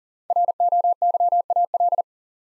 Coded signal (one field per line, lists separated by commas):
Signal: Morse code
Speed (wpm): 39 wpm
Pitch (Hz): 700 Hz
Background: none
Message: ROYAL